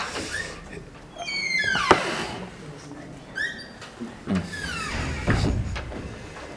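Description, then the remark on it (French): A classroom door swings open during a lecture with high, squealing hinge creaks that rise in pitch, followed by a sharp thud and a second, shorter burst of squeaks, over a low background murmur. “Peut-être il faut mettre peut-être un billet sur la porte en disant que ce n'est pas ici.”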